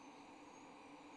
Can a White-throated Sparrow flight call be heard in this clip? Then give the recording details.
no. No flight call is heard. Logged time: 22:04 on 24 November 2014